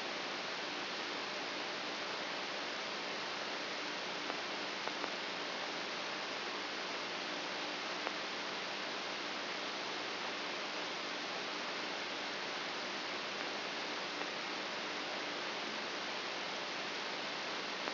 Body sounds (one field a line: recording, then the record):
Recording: brain microelectrode recording played as sound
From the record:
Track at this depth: inside the subthalamic nucleus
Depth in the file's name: 1.626 mm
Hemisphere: left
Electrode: 3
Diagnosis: Parkinson's disease